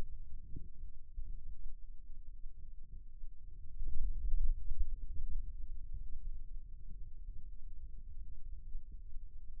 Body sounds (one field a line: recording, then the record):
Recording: forearm muscle sounds (acoustic myography)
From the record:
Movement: pen grasping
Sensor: system 2, bracelet of six BSWA MPA416 microphones around the upper forearm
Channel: 2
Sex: male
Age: 22 years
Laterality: right